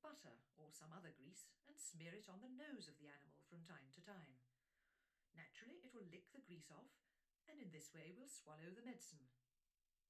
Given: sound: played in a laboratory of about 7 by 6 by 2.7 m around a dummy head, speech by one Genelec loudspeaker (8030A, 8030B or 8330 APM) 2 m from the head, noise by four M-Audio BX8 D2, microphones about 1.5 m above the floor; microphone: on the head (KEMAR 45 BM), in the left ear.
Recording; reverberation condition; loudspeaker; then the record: female speech in English; low; 150 degrees to the left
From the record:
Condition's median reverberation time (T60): about 310 ms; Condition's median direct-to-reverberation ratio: about 3.5 dB